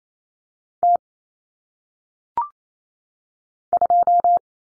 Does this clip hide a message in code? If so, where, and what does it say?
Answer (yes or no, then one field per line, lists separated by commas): yes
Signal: Morse code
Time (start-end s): 0.8-4.4 s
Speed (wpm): 28 wpm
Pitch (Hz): 700 Hz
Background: none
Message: T 2